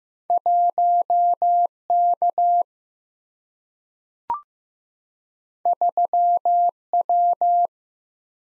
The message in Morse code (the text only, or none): 1K 3W